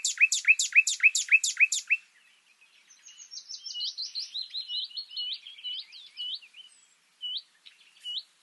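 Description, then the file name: Common nightingale song: a run of loud repeated chirps, then a quieter stream of varied whistled and upslurred notes. "Luscinia megarhynchos"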